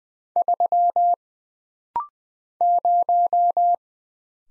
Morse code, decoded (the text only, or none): 3 0